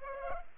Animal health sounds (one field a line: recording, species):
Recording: mosquito wingbeat signal from an infrared sensor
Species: Culex pipiens